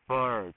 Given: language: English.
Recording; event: throat vibration sensor signal played as sound; speech